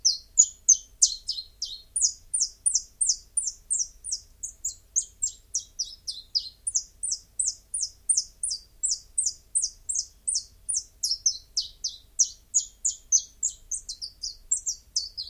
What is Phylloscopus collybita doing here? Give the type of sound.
song